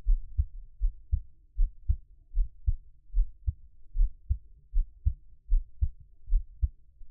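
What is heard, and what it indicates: Steady, low, muffled thumps come in lub-dub pairs at about 77 to 80 beats a minute, with an even rhythm throughout. It is an adult's heartbeat heard up close, with no talking or other background sound.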